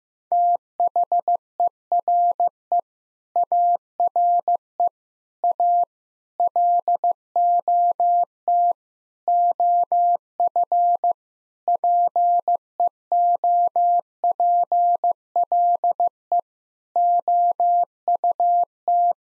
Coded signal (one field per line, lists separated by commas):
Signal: Morse code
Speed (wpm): 15 wpm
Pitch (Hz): 700 Hz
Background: none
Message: THERE ARE A LOT OF PEOPLE OUT